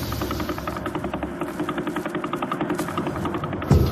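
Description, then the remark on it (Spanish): A rapid, steady train of repeating eerie tones pulses over a continuous harsh hiss, fairly loud and unbroken for the whole stretch, with a brief louder bump near the end and no voices; a baffling sound file found once a message was decoded. “Un clip repetitivo con una serie de tonos escalofriantes sobre un siseo áspero.”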